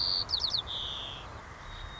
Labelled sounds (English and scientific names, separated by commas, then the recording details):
White-crowned Sparrow (Zonotrichia leucophrys)
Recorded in Sonoma County, California